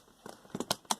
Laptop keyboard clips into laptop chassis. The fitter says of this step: and then just slowly finesse it down with your fingers push down and you'll hear it popping in